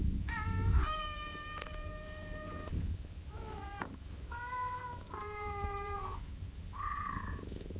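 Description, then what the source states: Cat meowing several times: a long steady meow, then a run of shorter meows with brief gaps, over low rumbling noise. Cat gently meowing at long intervals.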